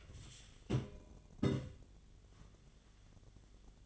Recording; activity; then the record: daily activity, microphone in the room; take from stove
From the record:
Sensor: 4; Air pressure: 1010.9 hPa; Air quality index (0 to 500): 167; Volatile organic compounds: 4 ppm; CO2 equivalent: 1696 ppm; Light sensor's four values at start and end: 39/113/45/46 and 40/114/46/47